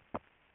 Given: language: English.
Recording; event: throat vibration sensor signal played as sound; swallow